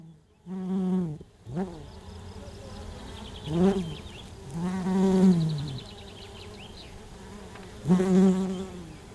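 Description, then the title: Western honey bee flight buzz, deep humming tones that rise and dip as bees fly by, several bursts over a faint steady background. Domestic honey bees recorded at Buoux, Vaucluse, France, in May 2001. "Sylvain Jaskowiak - Animus. Abeilles domestiques - Buoux, Vaucluse - mai 2001"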